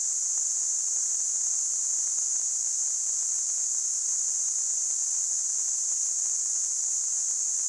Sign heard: Tinnitus.